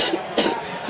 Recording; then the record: coughing mixed with background sound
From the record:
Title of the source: 55 gaggy wet cough